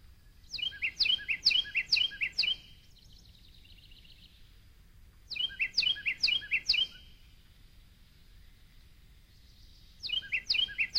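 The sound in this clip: Carolina wren song in three bursts of three to five fast repeated phrases, pausing several seconds between bursts, with faint background hiss.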